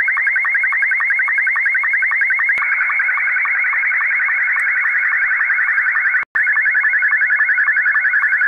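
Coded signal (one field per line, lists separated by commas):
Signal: SSTV (slow-scan television)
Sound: warbling rising tone repeating several times a second with short low sync blips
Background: radio static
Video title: SSTV - 14230 KHz USB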